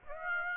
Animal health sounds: mosquito wingbeat signal from an infrared sensor; Aedes aegypti

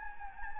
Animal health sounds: mosquito wingbeat signal from an infrared sensor; Anopheles gambiae

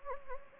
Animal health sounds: mosquito wingbeat signal from an infrared sensor; Anopheles gambiae

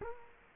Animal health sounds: mosquito wingbeat signal from an infrared sensor; Culex quinquefasciatus

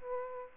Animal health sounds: mosquito wingbeat signal from an infrared sensor; Aedes aegypti

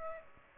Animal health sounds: mosquito wingbeat signal from an infrared sensor; Aedes aegypti

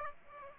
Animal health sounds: mosquito wingbeat signal from an infrared sensor; Aedes aegypti

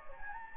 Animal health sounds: mosquito wingbeat signal from an infrared sensor; Anopheles gambiae

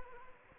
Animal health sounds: mosquito wingbeat signal from an infrared sensor; Anopheles arabiensis

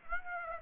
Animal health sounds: mosquito wingbeat signal from an infrared sensor; Aedes aegypti

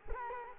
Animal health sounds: mosquito wingbeat signal from an infrared sensor; Culex quinquefasciatus

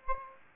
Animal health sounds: mosquito wingbeat signal from an infrared sensor; Aedes aegypti

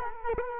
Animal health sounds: mosquito wingbeat signal from an infrared sensor; Culex quinquefasciatus

